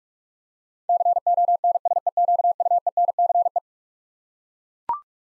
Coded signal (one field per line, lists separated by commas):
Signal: Morse code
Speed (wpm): 42 wpm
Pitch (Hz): 700 Hz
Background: none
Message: CONSEQUENCE